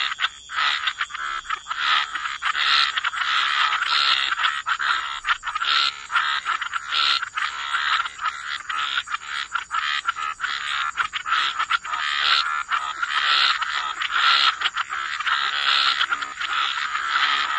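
Dense frog chorus of overlapping raspy croaks pulsing rapidly and without pause, a constant high hum layered above.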